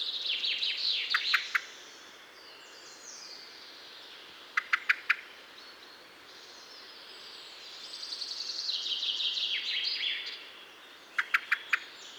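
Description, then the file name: Common blackbird giving sharp clicking calls in quick bursts of three or four, repeated a few seconds apart, over faint high twittering and steady background hiss. "Turdus merula"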